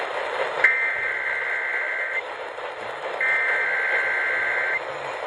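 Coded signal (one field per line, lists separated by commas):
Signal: Emergency Alert System (SAME) tones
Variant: header bursts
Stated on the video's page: Required weekly EAS test on an AM broadcast station at 1020 kHz.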